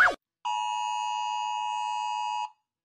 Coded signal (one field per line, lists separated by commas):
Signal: Emergency Alert System (SAME) tones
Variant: 853 and 960 Hz attention tone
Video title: Rating EAS alarms Part 1